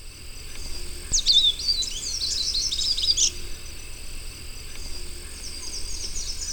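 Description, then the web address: Olivaceous siskin song, a brief burst of high, scratchy twittering, followed by fainter chatter, over a steady background hiss. Ecuador. "Natures Songs S America Birds of Ecuador Olivaceous Siskin"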